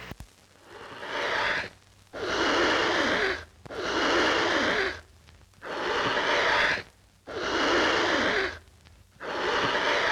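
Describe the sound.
Tiger hisses come as forceful, airy blasts repeated about every two seconds, most lasting over a second, with short quiet gaps between.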